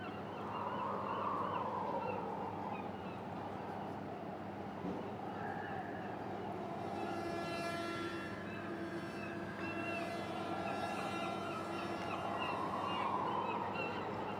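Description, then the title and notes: Gulls wailing at the start and end, with a steady wind rush and fast metallic rattling between the calls. Gulls at a harbour quay in Boulogne-sur-Mer, France, with wind, a metal structure and the rattling of pleasure boats. "Quai Thurot, Boulogne-sur-Mer, France - Mouettes. Prise de sons : JF CAVRO"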